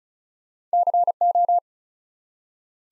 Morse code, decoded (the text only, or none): CO